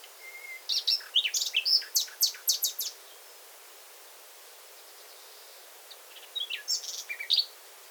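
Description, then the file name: Common nightingale with a thin whistle, then a burst of varied sharp chirps and clicks, a pause, and a shorter phrase of chirps. "Luscinia megarhynchos"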